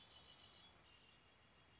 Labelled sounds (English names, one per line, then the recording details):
Red-winged Blackbird
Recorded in Sonoma County, California